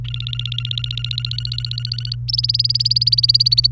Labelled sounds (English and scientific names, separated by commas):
Domestic Canary (Serinus canaria) song